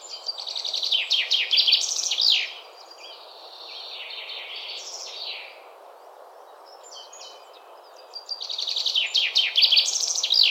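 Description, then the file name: Common chaffinch song phrases: a fast descending trill ending in a sharp flourish, repeated after a quieter stretch of softer twittering, with steady hiss behind. "Fringilla coelebs"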